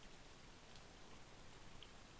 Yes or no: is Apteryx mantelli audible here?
no